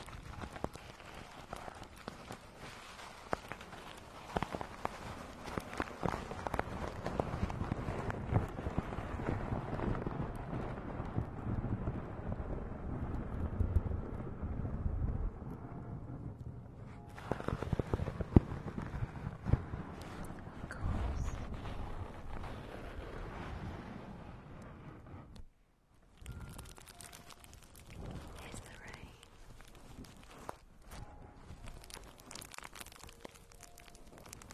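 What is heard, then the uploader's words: Deep thunder rolls and rumbles for about twenty-five seconds, swelling near the middle, then breaks off abruptly, leaving quieter faint crackling afterward. Thunder sounds.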